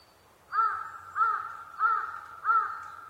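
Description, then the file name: Large-billed crow giving four harsh caws spaced evenly. Recorded 23 October 2010 at 05:42. "hasibutogarasu-20101023-0542"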